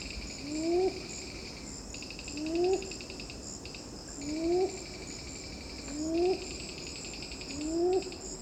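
Red-billed ground cuckoo repeating a low, rising hoot roughly every two seconds, steady and regular, against rhythmic chirring insects.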